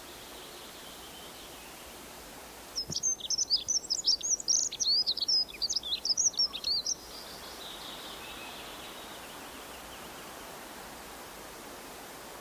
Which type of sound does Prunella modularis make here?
song